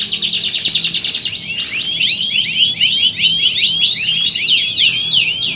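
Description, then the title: Canary song beginning with fast chattering notes, then shifting into a series of looping, whistled slurred phrases, high and fluent. Belgian canary; warm-up song used to train canaries for singing contests and build a champion bird's confidence. "Canto Para Esquentar Canário Belga. Simulasi Lomba Kenari. Suara Kenari Lomba. Melatih Mental Kenari Juara"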